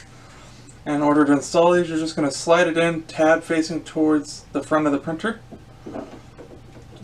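Someone talks while a plastic ink cartridge is slid, tab facing the front, into its slot in the carriage of an HP Officejet Pro 6230 printer, before being pushed down. Nothing has clicked or seated into place yet.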